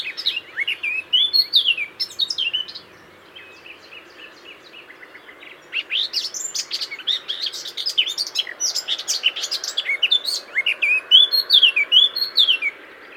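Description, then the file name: Eurasian blackcap song: quick, varied high warbling phrases, a pause of a few seconds, then a longer, denser warble. "Sylvia atricapilla"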